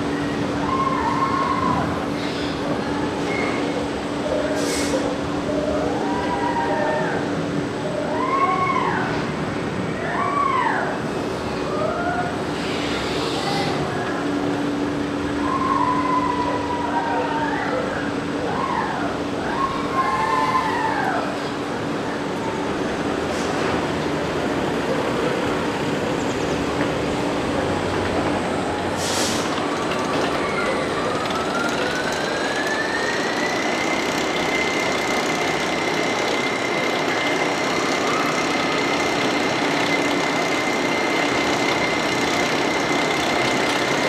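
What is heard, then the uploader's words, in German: Amusement park ambience with a dense, steady wash of crowd and machine noise. Through the first half, squeaky rising-and-falling squeals repeat over a low steady hum, with sharp knocks near 5 and 29 seconds; then a ride motor whines upward and holds a high tone. Freizeitpark ASMR.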